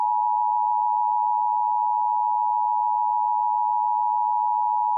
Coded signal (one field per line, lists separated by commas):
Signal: Emergency Alert System (SAME) tones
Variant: 853 and 960 Hz attention tone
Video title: EAS Interrupts 50 Noggin and Nick Jr Logo Collections and 60 Noggin and Nick Jr Logo Collections